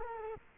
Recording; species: mosquito wingbeat signal from an infrared sensor; Culex quinquefasciatus